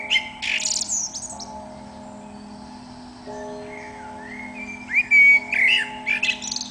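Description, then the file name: Eurasian blackbird singing, a loud high squeaky burst at the start, then fluted whistles rising into shrill twittering notes, over a continuous low hum. "Turdus merula"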